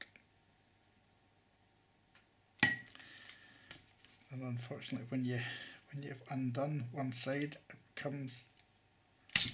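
A screwdriver levers the plastic pivot of a Comm 2000 car indicator switch out of its mount in the steering column switch housing, after the first side kept snapping back in. A sharp knock at 2.6 s and small clicks follow while someone talks. The second side pops free with a sharp plastic click at 9.4 s, and the pivot is released.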